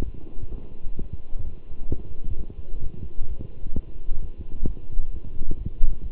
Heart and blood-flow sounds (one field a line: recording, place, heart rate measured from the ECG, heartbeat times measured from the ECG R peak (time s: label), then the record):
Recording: heart sounds by stethoscope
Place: between the tricuspid and mitral areas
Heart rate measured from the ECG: 130 bpm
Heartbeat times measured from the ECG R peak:
0.04 s: heartbeat
0.50 s: heartbeat
0.97 s: heartbeat
1.43 s: heartbeat
1.90 s: heartbeat
2.36 s: heartbeat
2.82 s: heartbeat
3.28 s: heartbeat
3.75 s: heartbeat
4.20 s: heartbeat
4.66 s: heartbeat
5.12 s: heartbeat
5.57 s: heartbeat
6.02 s: heartbeat
From the record:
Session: Bruce protocol treadmill stress test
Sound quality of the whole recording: good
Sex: male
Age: 23 years